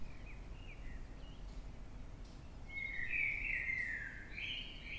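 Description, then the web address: Eurasian blackbird song: quiet soft notes early, then a strong rich warbling phrase that dips and rises into a high ending, with low rumble below. Recorded in the dead of night, 3:50 am, in London, UK, on 9 March 2026. "Blackbird Dead Of Night. in-the-dead-of-night-london-uk-on-9 th-march-2026-at-3-50 am-by-eleanor-mcdowall"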